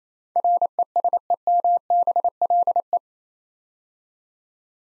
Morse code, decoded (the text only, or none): RESEMBLE